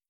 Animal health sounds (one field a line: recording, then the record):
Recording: hydrophone in a shrimp aquaculture tank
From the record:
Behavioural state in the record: starved